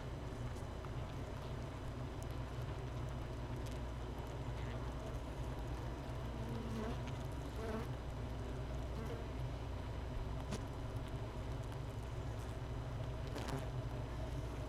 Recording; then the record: honeybee colony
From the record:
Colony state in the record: missing queen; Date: 31 May 2018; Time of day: 13:50